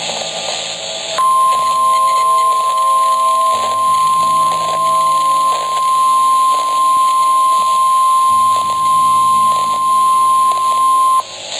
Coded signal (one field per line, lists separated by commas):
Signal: Emergency Alert System (SAME) tones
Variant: 1050 Hz attention tone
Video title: 4 Scariest Emergency Alerts & EAS Alarms (Vol. 1)